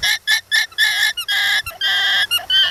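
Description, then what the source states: Alpaca squeaking, a series of short and longer nasal, harmonic-rich squeals and bleats in quick irregular bursts, with no other clear sounds. Alpacas in open paddocks in the Bairnsdale region of Gippsland, Victoria; sounds described as squeaking, spitting or groaning.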